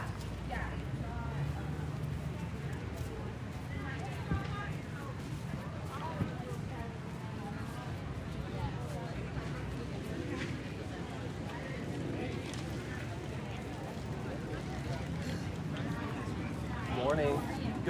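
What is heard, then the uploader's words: A farmers market hums with steady overlapping chatter from many voices, a constant low rumble beneath, and brief brighter calls rising near the end. Uptown Farmer’s Market Solo Run on a very hot Saturday morning in Phoenix Arizona. Farmers market. People talking. Turning out to be a record-breaking average temp above 110 degrees Fahrenheit, 43 degrees Celsius.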